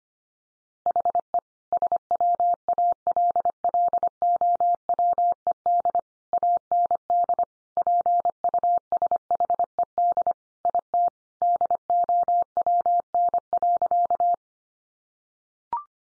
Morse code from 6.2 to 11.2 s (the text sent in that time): AND PUSHED IT